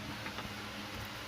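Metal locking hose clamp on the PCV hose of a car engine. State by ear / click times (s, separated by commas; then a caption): not seated / none. A metal locking spring hose clamp on the PCV hose of a 2010 Toyota Prius engine is being squeezed with pliers so its locking tab will catch and hold it open. The clip carries only low, steady handling noise with faint soft ticks, and nothing has clicked or locked yet.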